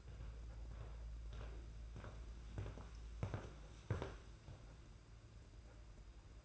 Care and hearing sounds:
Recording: daily activity, microphone in the room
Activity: walk to room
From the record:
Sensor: 2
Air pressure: 991.9 hPa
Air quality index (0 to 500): 234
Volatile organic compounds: 1000 ppm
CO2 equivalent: 7848 ppm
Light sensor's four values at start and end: 18/57/22/21 and 12/40/15/15

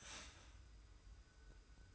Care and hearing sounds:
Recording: daily activity, microphone in the room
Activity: start toaster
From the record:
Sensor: 2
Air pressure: 990.6 hPa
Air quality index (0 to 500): 163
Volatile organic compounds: 812 ppm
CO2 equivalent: 5140 ppm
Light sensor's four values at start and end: 25/60/24/24 and 25/60/24/24

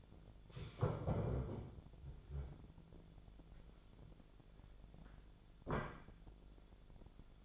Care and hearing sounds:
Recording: daily activity, microphone in the room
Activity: stand up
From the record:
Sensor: 5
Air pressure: 1008.0 hPa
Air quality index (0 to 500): 152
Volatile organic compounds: 3 ppm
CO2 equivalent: 1464 ppm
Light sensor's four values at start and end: 58/163/63/63 and 58/162/63/63

